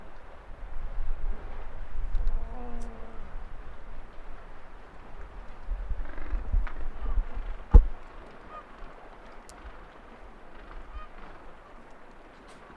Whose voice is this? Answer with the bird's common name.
Gentoo Penguin